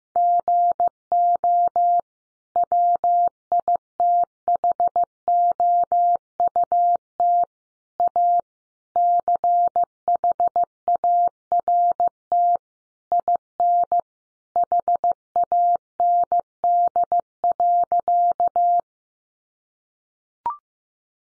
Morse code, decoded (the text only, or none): GO WITHOUT A CHART IN HAND.